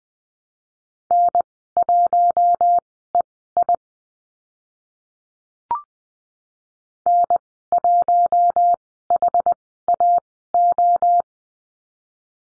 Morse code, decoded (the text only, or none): N1EI N1HAO